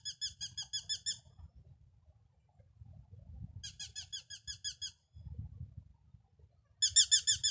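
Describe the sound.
Eurasian hobby calling in three bursts of sharp, high, repeated kew notes, the first two just over a second long, over a low rumbling background.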